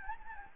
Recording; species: mosquito wingbeat signal from an infrared sensor; Anopheles gambiae